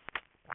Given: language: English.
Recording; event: throat vibration sensor signal played as sound; swallow